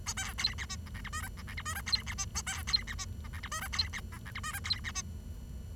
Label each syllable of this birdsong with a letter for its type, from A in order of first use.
A B C D E F G H I J F G H I J C D E A B C D E F G H I J C D F G H I J C D E